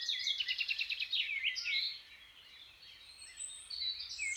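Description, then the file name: Birds waking, a fast trill and looping whistles at first, then fainter twittering before a sharp phrase returns near the end. Birds waking up. "L'éveil des oiseaux (extrait)"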